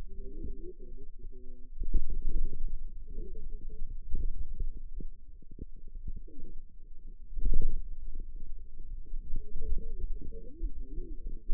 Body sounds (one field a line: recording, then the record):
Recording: forearm muscle sounds (acoustic myography)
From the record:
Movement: pen grasping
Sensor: system 2, bracelet of six BSWA MPA416 microphones around the upper forearm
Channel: 6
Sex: female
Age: 21 years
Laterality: right